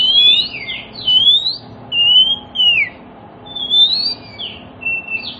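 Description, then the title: Oriental magpie-robin giving drawn-out whistled phrases, some rising, some dropping, with steady gaps between them. Kacer song played as a lure so that other magpie-robins start singing within about five minutes, meant for birds that have stopped singing. "Cukup Hitungan Menit Kacer Lain Bisa Bunyi. CUKUP 5 Menit Kacer LAIN NYAUT JADI GACOR, PANCINGAN KACER MACET BUNYI"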